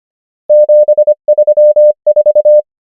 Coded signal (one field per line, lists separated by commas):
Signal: Morse code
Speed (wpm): 25 wpm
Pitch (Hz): 600 Hz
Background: none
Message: 7 3 4